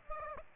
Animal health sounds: mosquito wingbeat signal from an infrared sensor; Aedes aegypti

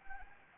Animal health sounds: mosquito wingbeat signal from an infrared sensor; Anopheles arabiensis

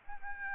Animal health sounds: mosquito wingbeat signal from an infrared sensor; Aedes albopictus

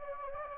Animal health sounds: mosquito wingbeat signal from an infrared sensor; Anopheles gambiae

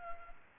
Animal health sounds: mosquito wingbeat signal from an infrared sensor; Culex quinquefasciatus

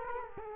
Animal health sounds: mosquito wingbeat signal from an infrared sensor; Culex quinquefasciatus

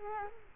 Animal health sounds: mosquito wingbeat signal from an infrared sensor; Culex quinquefasciatus

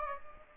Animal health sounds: mosquito wingbeat signal from an infrared sensor; Aedes aegypti

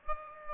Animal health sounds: mosquito wingbeat signal from an infrared sensor; Aedes aegypti

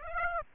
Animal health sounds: mosquito wingbeat signal from an infrared sensor; Aedes aegypti

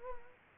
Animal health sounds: mosquito wingbeat signal from an infrared sensor; Culex quinquefasciatus

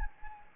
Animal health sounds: mosquito wingbeat signal from an infrared sensor; Anopheles gambiae

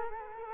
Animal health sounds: mosquito wingbeat signal from an infrared sensor; Culex quinquefasciatus

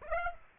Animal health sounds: mosquito wingbeat signal from an infrared sensor; Aedes aegypti

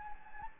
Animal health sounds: mosquito wingbeat signal from an infrared sensor; Anopheles gambiae

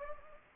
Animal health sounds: mosquito wingbeat signal from an infrared sensor; Anopheles gambiae

